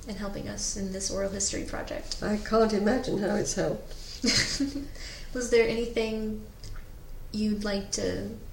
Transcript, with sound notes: In helping us with this oral history project.
I can't imagine how it's helped.
[LAUGHS] Was there anything you'd like to-